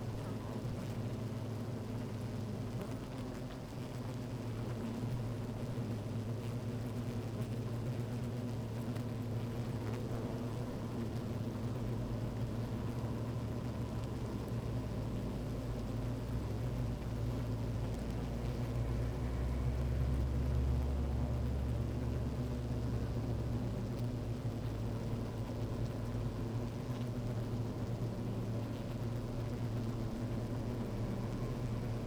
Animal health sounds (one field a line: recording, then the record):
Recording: honeybee colony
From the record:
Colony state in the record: active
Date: 28 July 2017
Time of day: 12:55